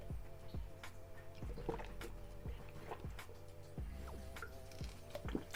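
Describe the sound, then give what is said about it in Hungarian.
A series of wet gulps and swallows as someone drinks a few sips of water, roughly every second, over a steady low tonal hum in the background. No one speaks. “és valóban abból baj nem lehet, hogyha iszok pár korty vizet.”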